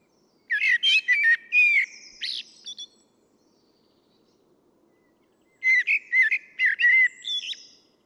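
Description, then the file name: Common blackbird song with two fluty warbled phrases about five seconds apart; the pause between is nearly silent. "Turdus merula"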